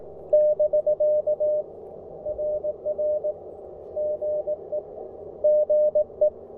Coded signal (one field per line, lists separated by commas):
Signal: Morse code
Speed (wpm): 19 wpm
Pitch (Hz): 600 Hz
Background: none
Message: <BK> RR GE GE